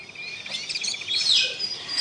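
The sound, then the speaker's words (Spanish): Birds chirp and sing in a busy, overlapping chorus of high, quick tweets and trills as they flutter about outside a house on a sunny day, with a brighter, louder burst of song partway through and a steady background hiss. “Mariposas, flores, los pajaritos revoloteando y ese hermoso aroma a naturaleza viva.”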